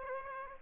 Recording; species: mosquito wingbeat signal from an infrared sensor; Aedes aegypti